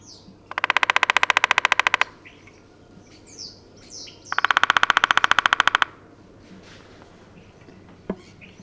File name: downydrumming